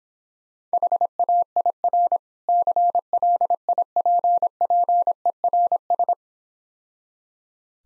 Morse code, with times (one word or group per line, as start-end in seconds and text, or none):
0.7-2.2 HAIR
2.5-6.1 CLIPPERS